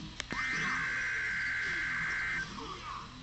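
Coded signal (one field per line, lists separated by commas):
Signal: Emergency Alert System (SAME) tones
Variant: header bursts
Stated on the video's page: A failed required weekly test.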